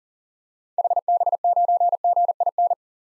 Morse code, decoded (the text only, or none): HB9GIN